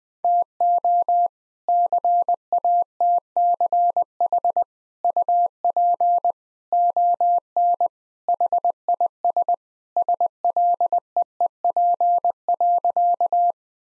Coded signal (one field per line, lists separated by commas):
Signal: Morse code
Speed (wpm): 20 wpm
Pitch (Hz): 700 Hz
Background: none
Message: TO CATCH UP ON HIS SLEEP.